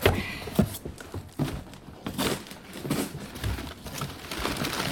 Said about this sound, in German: Nun öffne das Paket. Ich platze vor Neugier.